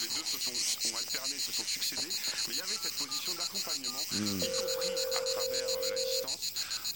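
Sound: telephone ringing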